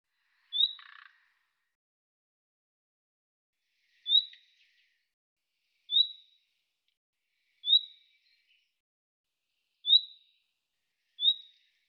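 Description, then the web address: Bird calls: six short, sharp, high downslurred notes, the first followed by a buzzy rasp, spaced unevenly a few seconds apart, against near silence. "Deverinetal 2025"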